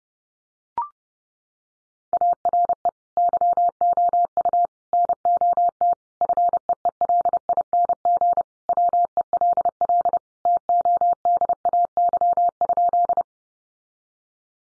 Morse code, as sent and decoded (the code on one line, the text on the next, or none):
.- .-. . / -.-- --- ..- / -. --- - / ..-. . . .-.. .. -. --. / .-- . .-.. .-.. / - --- -.. .- -.-- ..--..
ARE YOU NOT FEELING WELL TODAY?